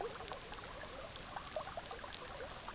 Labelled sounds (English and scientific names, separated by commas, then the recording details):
none
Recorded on Arctic tundra, site EABA-MC, on 18 June 2019
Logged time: 06:00